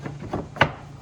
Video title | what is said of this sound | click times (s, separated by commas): Installing a VANPACKERS Conversion Camper Unit Into Our 2017 Dodge Grand Caravan | Clicks right into place. | 0.6 s